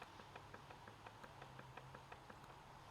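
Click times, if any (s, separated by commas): 0.0 s, 0.4 s, 0.5 s, 1.1 s, 1.6 s, 1.8 s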